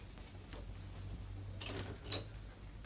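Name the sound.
door being opened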